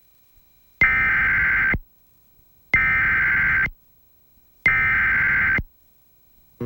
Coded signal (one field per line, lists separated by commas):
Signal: Emergency Alert System (SAME) tones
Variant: header bursts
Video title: Emergency Alert System Evolution 1987-2025